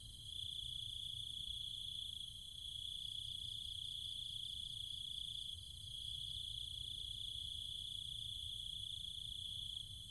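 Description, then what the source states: Cicadas and other insects in a steady high shrill chorus, with a faint pulsing layer above the main tone and a low rumble underneath. Cicadas and other insects, at night, in trees and fields in the countryside of Chiang Mai, Thailand.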